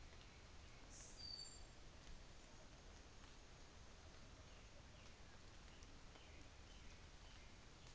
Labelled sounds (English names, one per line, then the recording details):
New Zealand Fantail
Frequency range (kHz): New Zealand Fantail 6.1-7.6 kHz
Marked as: faintness 5/5
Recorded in New Zealand on 24 December 2018
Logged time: 10:15